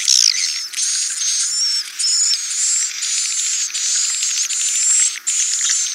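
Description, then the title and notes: Swiftlet twittering, high and buzzy, in steady chirping bursts; a faint low hum runs underneath. Swiftlet sound used for swiftlet farming in Asia. "Swiflet Bird Sound. Farming Swiflet Bird asia sound"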